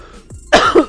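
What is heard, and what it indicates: A single short, voiced cough from an adult man, with a slightly rough, throaty quality, after a quiet lead-in. He is hoarse, talking through the nose and coughing while unwell.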